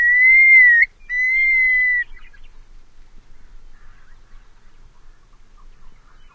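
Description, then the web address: Long-billed curlew giving two clear, slightly arched whistles, the first ending in a flick, followed by quiet with faint scattered chips. Western species of North America. "Know Your Bird Sounds Common Western Species 56-Long-billed Curlew"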